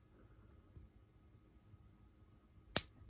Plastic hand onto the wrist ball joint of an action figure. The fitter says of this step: and then you can just push it right on you'll hear a pop and it'll be on there you can